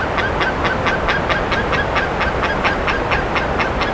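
Bird giving short harsh notes in a steady quick rhythm over a hissing background.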